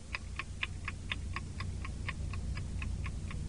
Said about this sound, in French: Non, ce n'est pas une horloge. C'est une montre.